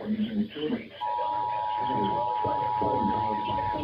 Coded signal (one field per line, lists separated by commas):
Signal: Emergency Alert System (SAME) tones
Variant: 853 and 960 Hz attention tone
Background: speech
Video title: (EAS #13) Flash flood warning (fm radio and TV) 8/30/2021